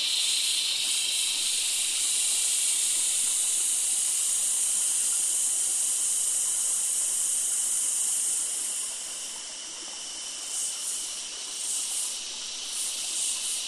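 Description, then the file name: Cicadas drone in a loud, even, high-pitched buzz that dips in volume near the end and then returns in quick pulsing waves. Loud insects recorded close by in a summer forest beside a creek in Australia. "zapsplat. nature forest ambience summer creek close by loud insects cicada australia"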